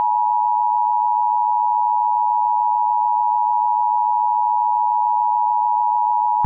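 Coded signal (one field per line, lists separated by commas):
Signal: Emergency Alert System (SAME) tones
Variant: 853 and 960 Hz attention tone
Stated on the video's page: Fictional EAS scenario, a created recreation rather than a real alert.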